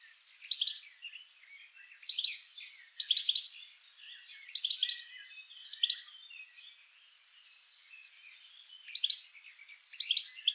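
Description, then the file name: European goldfinch giving several bursts of bright, tinkling twitter notes, with soft chattering between them. "Carduelis carduelis"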